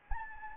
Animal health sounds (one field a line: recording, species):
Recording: mosquito wingbeat signal from an infrared sensor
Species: Anopheles gambiae